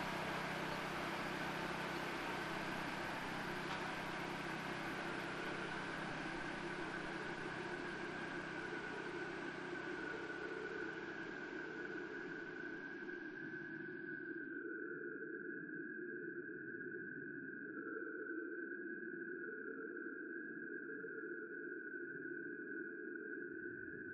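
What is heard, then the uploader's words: Digitally processed waterfall sound: a thick, roaring wash with a steady whining tone and a grumbling low drone running underneath. Around fifteen seconds the bright hiss drops away abruptly, leaving a duller, muffled drone with the tone and a wavering low groan continuing. In December 2008 my wife and I took a trip to Niagara Falls. Tones, grumbles, wa-wa’s, groans, beats and other sounds created through digital signal processing of Niagara Falls.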